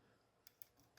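A 3.5 mm plug is pushed into an audio adapter, giving two small sharp clicks at 0.5 s and 0.6 s over a faint background. The plug seats nice and tight in the adapter.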